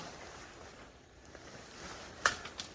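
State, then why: Seated. A camper presses the centre hub of a folding pop-up tent frame until it locks open. After a low, steady background hiss, a sharp bright click sounds at 2.3 s, followed by a smaller snap at 2.6 s, and the hub is seated in place.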